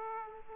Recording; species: mosquito wingbeat signal from an infrared sensor; Aedes aegypti